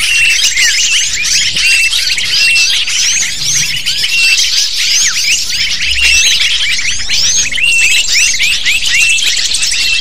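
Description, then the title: Lovebirds chattering constantly, a thick layer of shrill high chips and squeaks from a whole flock, evenly loud from start to finish. Lure call (pikat) to attract lovebirds. "PIKAT BURUNG LOVEBIRD"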